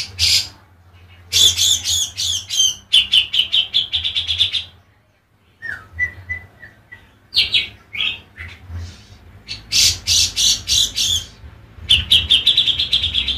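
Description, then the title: Oriental magpie-robin singing in bursts: rapid harsh and whistled note runs, a quiet gap with a few soft slurred whistles, then more loud chattering phrases, over a low hum. "Kicau Kacer"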